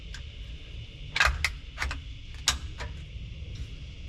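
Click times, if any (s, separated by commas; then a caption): 2.5 s. A distributor is lowered into a small-block V8 engine block, and its gear meshes with the cam gear until the metal housing sits down on the block. Light taps and scrapes at 0.1 s and around 1.2–1.9 s lead to a sharp metallic clack at 2.5 s as it seats, over a steady low rumble. It is seated, but the rotor is not pointing where it was wanted, because the way the gears are cut makes it rotate as it engages.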